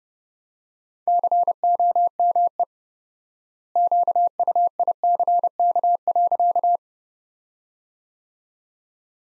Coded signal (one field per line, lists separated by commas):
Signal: Morse code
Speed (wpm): 29 wpm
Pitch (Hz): 700 Hz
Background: none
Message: COME QUICK.